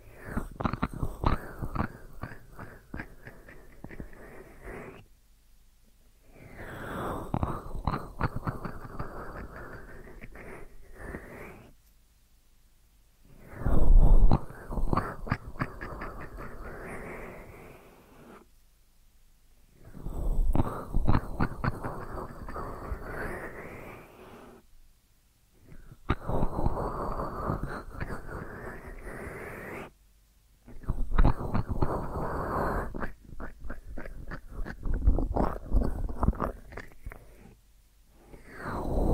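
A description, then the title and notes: Deep ear massage sounds come in bursts of dense rubbing and crackling, some rising in pitch as they build. Each burst lasts a few seconds and is separated by short silent gaps, with a sharp thump around fourteen seconds. ASMR Deep Ear Massage for Sleep(No Talking).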